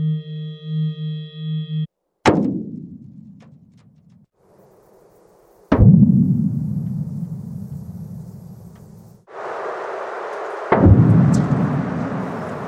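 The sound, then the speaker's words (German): Sonified seismic wave measurements of the 1995 Kobe earthquake in Japan: a steady electronic tone, then three sharp booming cracks, each trailing into a deep, fading rumble, with a hissy roar building near the end. No talking. “Er veröffentlichte eine CD mit Messungen des Kobe-Bebens in Japan von 1995.”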